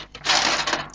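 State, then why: Not seated. A power cable connector is handled and pushed toward its socket on a motherboard during a PC build. There is a burst of scraping, rattling handling noise from about 0.2 to 0.8 seconds, with brief ticks near 0.15 and 0.95 seconds. Nothing has seated or clicked yet.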